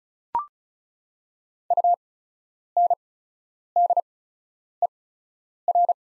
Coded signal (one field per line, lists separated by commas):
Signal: Morse code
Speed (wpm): 34 wpm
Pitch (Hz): 700 Hz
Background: none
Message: UNDER